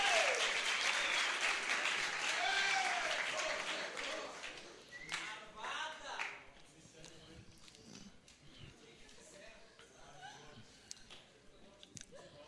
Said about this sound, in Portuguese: Vamos aplaudi-la por estar aqui. Amém?